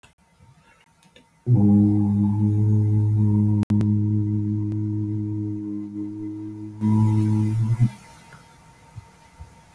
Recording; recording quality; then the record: sustained vowel as in boot; moderate, slight background noise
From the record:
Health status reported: healthy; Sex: male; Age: 32 years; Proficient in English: yes